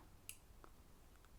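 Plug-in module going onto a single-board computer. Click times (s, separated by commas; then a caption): 0.3 s. A small plug-in module, aligned by its corner notch, is pressed down onto a single-board computer. It seats with one sharp, bright click at 0.3 s. Two fainter, duller ticks follow at 0.6 s and 1.2 s over a quiet low hum.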